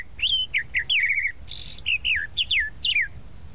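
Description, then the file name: Tropical mockingbird delivering a varied song of clear downslurred whistles in quick succession, with a brief buzzy note in the middle. "Canto-do-Sabiá-da-Praia"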